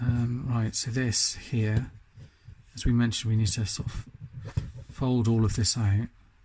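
Someone talks while handling the plastic panels of an Ocular Max PS-13 Impetus, a third-party Transformers combiner robot toy, getting ready to fold a section out. Only speech is heard, with no distinct clicks. Nothing has seated or clicked into place yet.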